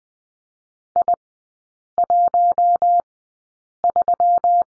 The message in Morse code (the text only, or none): I13